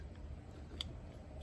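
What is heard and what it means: A Cali Raised fog light adapter harness plug is pushed, locking tab up, into the factory wiring connector of a 3rd Gen Tacoma truck. A single sharp click sounds at 0.8 s over low background rumble. The plug is seated and plugged in.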